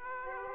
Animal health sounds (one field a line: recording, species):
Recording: mosquito wingbeat signal from an infrared sensor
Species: Aedes aegypti